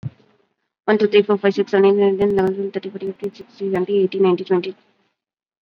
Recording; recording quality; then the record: counting at a fast pace; excellent, no background noise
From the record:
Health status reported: COVID-19 positive, mild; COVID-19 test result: positive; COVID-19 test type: RT-PCR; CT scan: not taken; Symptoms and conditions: cough, cold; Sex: female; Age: 32 years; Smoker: no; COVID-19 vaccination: none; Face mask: worn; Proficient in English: yes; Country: India